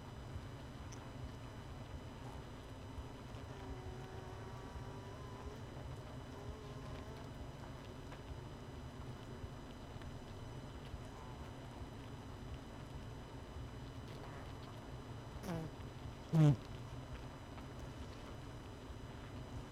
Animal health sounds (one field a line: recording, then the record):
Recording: honeybee colony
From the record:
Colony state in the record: missing queen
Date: 31 May 2018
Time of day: 20:42